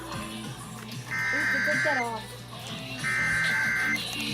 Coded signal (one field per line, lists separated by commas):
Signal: Emergency Alert System (SAME) tones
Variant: header bursts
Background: speech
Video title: Ventura Required Monthly Test EAS #167 169 7 6 21